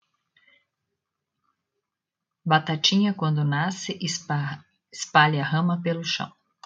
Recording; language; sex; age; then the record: short text; Brazilian Portuguese; female; 40 to 49 years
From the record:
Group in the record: control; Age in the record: 45 years